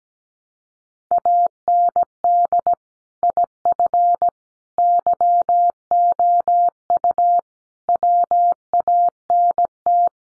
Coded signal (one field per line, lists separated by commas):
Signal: Morse code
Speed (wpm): 17 wpm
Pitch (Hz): 700 Hz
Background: none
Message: AND IF YOU WANT